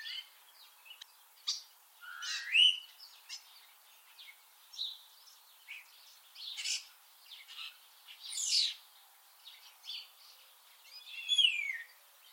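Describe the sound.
Eurasian starling song, varied squeaks, harsh rasps and clicking notes in uneven bursts, with a few slurred whistles.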